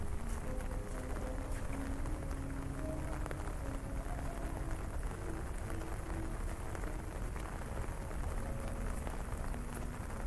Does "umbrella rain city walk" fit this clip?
yes